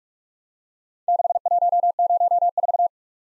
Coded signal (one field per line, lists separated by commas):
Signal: Morse code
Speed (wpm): 45 wpm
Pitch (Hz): 700 Hz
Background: none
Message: 6104